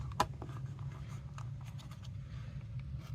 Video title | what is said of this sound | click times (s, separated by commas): Xega 4G Cellular Security Camera【Dual Lens】 Outdoor with SIM Card | the solar panel, and I just twisted that, right? So it locks into place. | 0.2 s